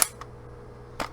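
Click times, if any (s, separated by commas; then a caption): 0.0 s. A polymer rifle magazine is pushed straight up from below into the magwell of an AR-15 lower receiver and latches with a sharp click at 0.0 s. It seats easily with little effort. A few fainter clicks and clacks follow, and there is a louder knock near 1.0 s.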